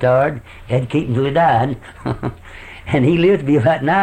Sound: laughs